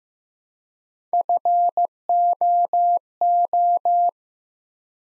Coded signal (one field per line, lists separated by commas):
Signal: Morse code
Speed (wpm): 15 wpm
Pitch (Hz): 700 Hz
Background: none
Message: FOO